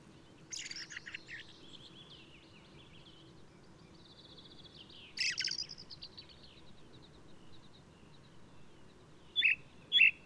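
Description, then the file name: Ring ouzel song: two scratchy, twittering phrases, each trailing into a thin high whistle, then two sharp clipped notes near the end. Singing male of the alpine subspecies alpestris, recorded 22 May 2018 at Důl Bílého Labe in the Krkonoše mountains, Czech Republic. "180522 BIO rouz-alpestris-1-M-S cz dul-bileho-labe"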